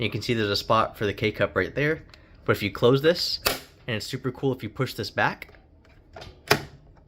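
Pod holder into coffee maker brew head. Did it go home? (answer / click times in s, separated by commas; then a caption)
yes / 6.5 s. Someone talks while closing the K-Cup pod holder on a Ninja CFP201 DualBrew System coffee maker and pushing it back into the brew head. A sharp plastic click is heard at 6.5 s as the pod holder seats into place.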